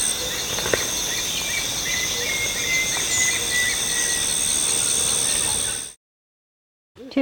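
Chocolate-backed kingfisher call: a run of short whistled notes, about two or three per second, slowly falling in pitch, over loud steady insect buzzing, then abrupt silence.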